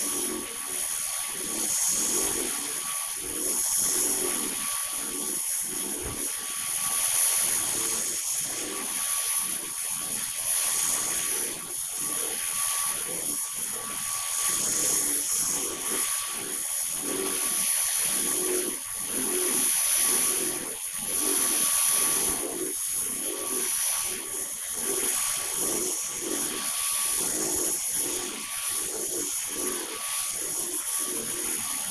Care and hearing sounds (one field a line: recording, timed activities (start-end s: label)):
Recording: household activities, microphone on the right wrist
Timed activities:
0.00-31.90 s: vacuum cleaning